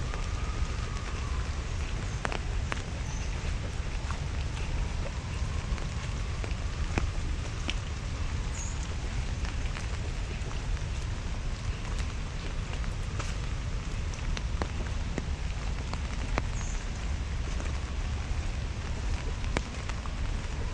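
Walking in the rain in Central Park, Manhattan, with a steady, dense hiss of rainfall that holds level throughout. Frequent sharp drips and taps scatter across it irregularly, over a constant low rumble of city traffic underneath.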